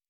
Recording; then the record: hydrophone in a shrimp aquaculture tank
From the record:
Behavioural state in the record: normal